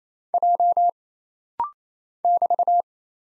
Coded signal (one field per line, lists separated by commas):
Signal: Morse code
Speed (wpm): 27 wpm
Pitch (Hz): 700 Hz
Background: none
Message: J <BT>